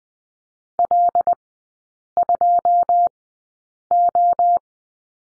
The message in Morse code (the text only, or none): L2O